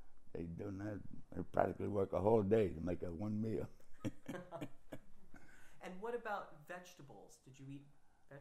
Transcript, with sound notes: They didn't have — they practically work a whole day to make one meal. [laughter]
And what about vegetables? Did you eat vegetables?